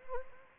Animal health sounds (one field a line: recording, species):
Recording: mosquito wingbeat signal from an infrared sensor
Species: Anopheles gambiae